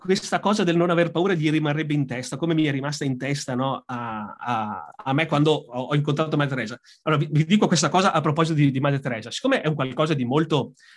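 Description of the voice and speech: An adult man speaks Italian in a steady mid-pitched voice, broken by repeated syllables and short words ('a, a, a', 'ho, ho', 'vi, vi', 'di, di'), a stretched 'm', and brief hesitation pauses. These are the repetitions and prolongations of stuttering in a man who describes himself as a very, very severe stutterer.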